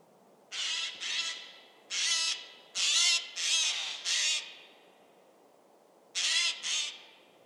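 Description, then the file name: Eurasian jay giving harsh, rasping screeches: eight loud noisy bursts in short groups, with pauses between groups. "Garrulus glandarius"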